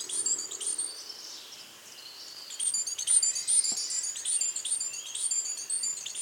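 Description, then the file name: Great tit calls: a soft start, a brief lull, then loud, busy streams of high-pitched chirps and squeaky notes to the end. "Parus major"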